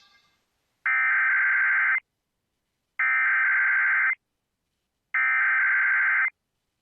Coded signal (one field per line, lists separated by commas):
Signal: Emergency Alert System (SAME) tones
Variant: header bursts